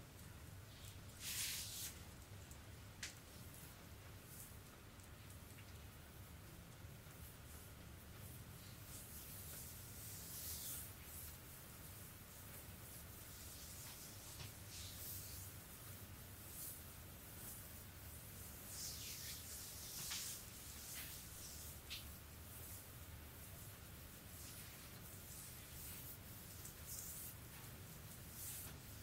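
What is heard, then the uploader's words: A sport back massage with lotion: hands rub and glide over skin in a steady run of soft, hissy swishes, with brighter wet strokes flaring every second or two. A low, constant hum sits underneath the whole time. ASMR Relaxing Sport Back Massage with lotion by Anna.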